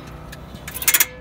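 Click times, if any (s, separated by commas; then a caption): 0.3 s, 0.7 s, 0.8 s, 0.9 s, 1.0 s. A spring-loaded hose/cord reel on a shower trailer is pulled out near its end until the ratchet pawl clicks, then let back so the ratchet locks the reel in place. Sharp ratchet clicks sound at 0.3, 0.7, 0.8, 0.8, 0.9 and 1.0 s, growing louder toward the end. The reel locks.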